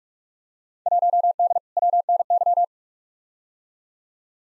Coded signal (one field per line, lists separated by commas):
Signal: Morse code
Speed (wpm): 46 wpm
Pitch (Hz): 700 Hz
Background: none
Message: 1D WNY